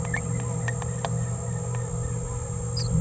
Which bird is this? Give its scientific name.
Forpus passerinus